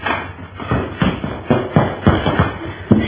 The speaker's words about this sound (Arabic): وبينما الأميرة في مخدعها إذ سمعت ضجة وجلبة وأصواتا مقتربة ووقع أقدام تسرع إليها وفتح الباب عليها.